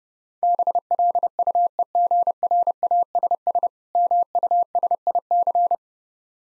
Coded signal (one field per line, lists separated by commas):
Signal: Morse code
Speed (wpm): 29 wpm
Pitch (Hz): 700 Hz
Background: none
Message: BLUEGRASS MUSIC